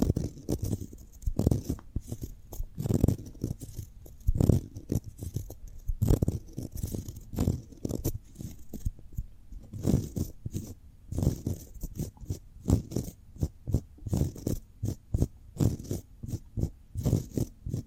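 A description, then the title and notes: Cork being handled in ASMR style, with a dense run of soft taps, scratches and rubs that keeps going without pause. The sounds are mostly low and muffled, each stroke carrying a brief crisp edge, with slightly stronger knocks every second or so. ASMR Cork Triggers. (No Talking).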